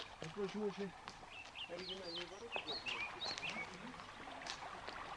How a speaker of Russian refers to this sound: Утро было свежее, с росой и пением жаворонков.